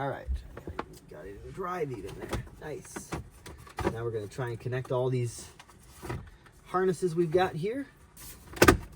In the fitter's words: There. Snapped in place.